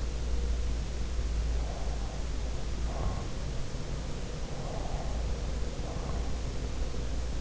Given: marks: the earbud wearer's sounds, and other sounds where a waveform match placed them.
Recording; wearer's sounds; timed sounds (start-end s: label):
sounds in sleep by an in-ear microphone; breath
1.17-3.43 s: breath
4.45-6.44 s: breath